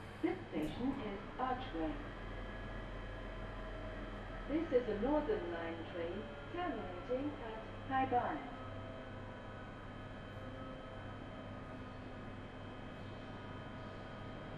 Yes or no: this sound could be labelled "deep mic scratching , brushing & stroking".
no